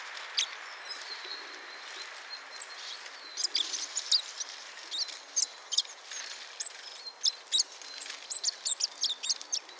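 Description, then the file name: Eurasian blue tit calling with thin, high chirps and short sharp notes, scattered at first and then coming in quick clusters through the second half, over a steady background hiss. "Cyanistes caeruleus"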